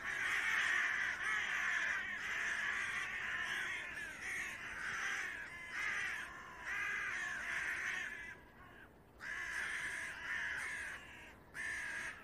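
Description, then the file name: Carrion crow cawing in long, harsh runs, loud and nearly continuous with brief pauses between bursts. "Corvus corone"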